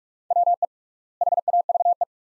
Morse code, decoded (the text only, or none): WE HAVE